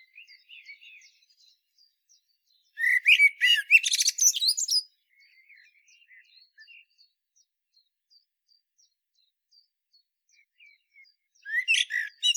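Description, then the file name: Common blackbird song, a short warbled phrase ending in a squeaky, buzzy twitter, with a second phrase beginning near the end and soft scattered notes between. "Turdus merula"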